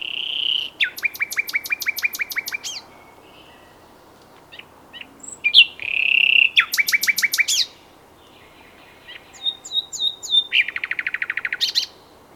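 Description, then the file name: Common nightingale song in separate phrases: a fast run of sharp repeated notes, a loud rich trill, then a rapid rattling series, with quiet pauses between. "Luscinia megarhynchos"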